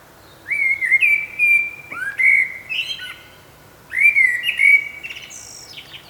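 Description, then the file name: Common blackbird uttering two fluty phrases of sliding whistles, the second ending in a sharp high squeak. "Turdus merula"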